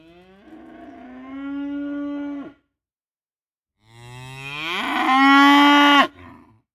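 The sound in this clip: Cattle: young bull mooing twice, a rising drawn-out low moo lasting over two seconds, then a louder, harsher bellow after a short silence.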